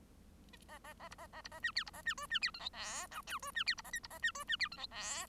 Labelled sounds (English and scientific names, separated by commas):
Bengalese Finch (Lonchura striata domestica) song